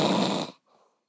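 Loud snoring from a sleeping adult man at 2 a.m.: a harsh, rattling snore lasting about half a second, followed by a faint, softer breath.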